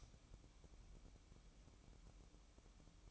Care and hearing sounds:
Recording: daily activity, microphone in the room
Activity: light on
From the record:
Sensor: 1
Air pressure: 1008.0 hPa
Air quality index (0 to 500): 120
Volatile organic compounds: 2 ppm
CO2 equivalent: 1016 ppm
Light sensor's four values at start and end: 8/19/8/8 and 17/52/21/21

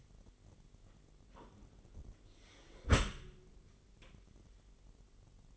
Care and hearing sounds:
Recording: daily activity, microphone in the room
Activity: close dishwasher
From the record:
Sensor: 4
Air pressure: 999.0 hPa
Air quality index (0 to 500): 127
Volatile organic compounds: 2 ppm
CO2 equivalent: 1245 ppm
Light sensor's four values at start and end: 7/16/6/7 and 7/17/7/7

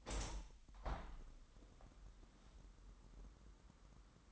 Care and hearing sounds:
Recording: daily activity, microphone in the room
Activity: open window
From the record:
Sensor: 3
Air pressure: 998.6 hPa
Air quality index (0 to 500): 148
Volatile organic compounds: 5 ppm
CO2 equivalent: 1774 ppm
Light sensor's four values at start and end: 10/25/10/11 and 10/25/10/11

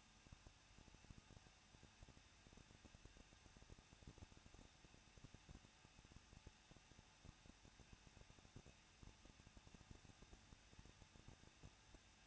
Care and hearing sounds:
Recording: daily activity, microphone in the room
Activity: no activity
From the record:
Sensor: 2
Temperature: 21.0 degrees Celsius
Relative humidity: 37.4%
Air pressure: 1006.2 hPa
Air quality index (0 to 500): 222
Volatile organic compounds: 24 ppm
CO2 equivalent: 2809 ppm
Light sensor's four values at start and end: 2/3/2/2 and 2/3/2/2

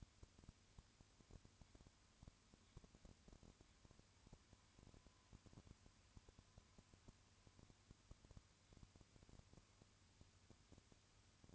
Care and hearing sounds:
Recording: daily activity, microphone in the room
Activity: no activity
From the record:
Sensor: 2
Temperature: 20.3 degrees Celsius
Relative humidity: 35.6%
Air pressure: 1000.9 hPa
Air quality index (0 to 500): 196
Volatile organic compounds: 5 ppm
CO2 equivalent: 1725 ppm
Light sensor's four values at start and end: 2/3/2/2 and 2/3/2/2

